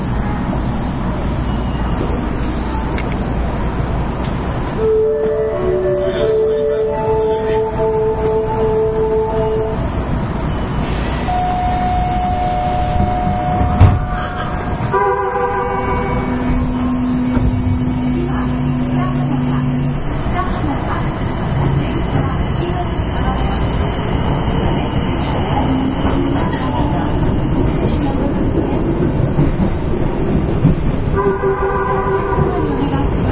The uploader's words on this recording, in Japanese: 北大阪急行 9000系。大阪市営地下鉄 御堂筋線内。新大阪から中百舌鳥までです。この時もご多分にもれず多客で。